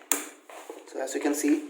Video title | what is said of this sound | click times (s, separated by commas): Building a PC - PC building guide | There will be a click sound. | 0.1 s